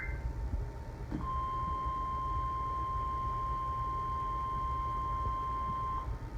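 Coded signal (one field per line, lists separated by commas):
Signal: Emergency Alert System (SAME) tones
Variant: 1050 Hz attention tone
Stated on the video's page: NWS Required Weekly Test.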